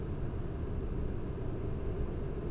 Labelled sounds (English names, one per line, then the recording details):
none
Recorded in Germany
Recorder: ecoPi